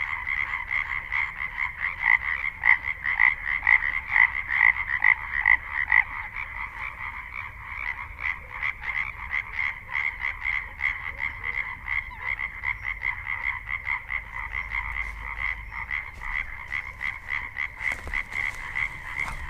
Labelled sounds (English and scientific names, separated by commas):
Common Tree Frog (Hyla arborea) call